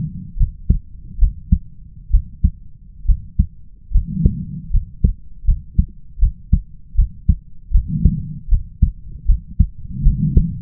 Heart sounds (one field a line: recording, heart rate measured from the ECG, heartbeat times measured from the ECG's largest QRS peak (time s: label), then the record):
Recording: heart sounds by stethoscope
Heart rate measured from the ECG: 75 bpm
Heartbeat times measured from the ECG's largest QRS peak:
0.37 s: heartbeat
1.19 s: heartbeat
2.11 s: heartbeat
3.06 s: heartbeat
3.92 s: heartbeat
4.71 s: heartbeat
5.45 s: heartbeat
6.19 s: heartbeat
6.96 s: heartbeat
7.72 s: heartbeat
8.49 s: heartbeat
9.26 s: heartbeat
10.03 s: heartbeat
From the record:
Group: healthy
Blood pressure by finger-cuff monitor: 104/58 mmHg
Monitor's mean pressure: 72 mmHg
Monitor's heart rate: 76 bpm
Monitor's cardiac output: 6.7 L/min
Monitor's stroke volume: 91 mL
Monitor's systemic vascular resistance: 760 dyn s/cm5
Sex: female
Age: 22 years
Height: 157 cm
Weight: 47.6 kg